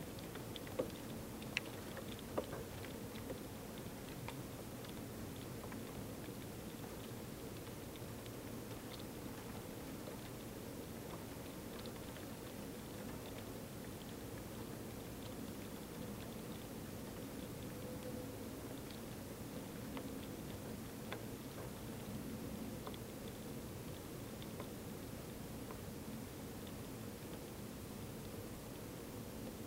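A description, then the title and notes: Light rain patters steadily against a window, a dense low wash with scattered brighter taps and a few sharper drips near the start. Rain Tapping on the Window.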